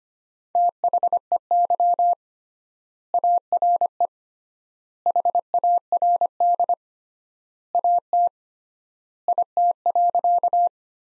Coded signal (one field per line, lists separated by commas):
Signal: Morse code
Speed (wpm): 25 wpm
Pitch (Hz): 700 Hz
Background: none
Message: THEY ARE HARD AT IT.